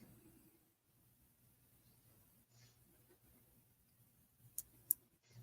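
A small plastic building piece is fiddled with and then pushed home onto a model. Low, quiet handling noise leads to a softer tick at about 4.6 s and then a sharp snap at 4.9 s. The piece seats in place.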